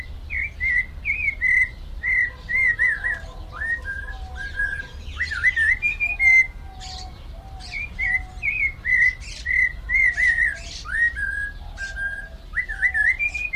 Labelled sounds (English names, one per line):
Vieillot's Barbet call